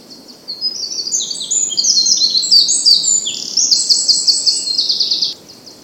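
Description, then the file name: Eurasian wren song: a fast, loud burst of very high trills and rattling notes tumbling up and down, lasting about five seconds before stopping abruptly, over a soft background hiss. "Troglodytes troglodytes"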